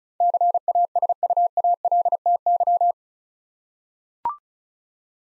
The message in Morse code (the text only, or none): CASUALTY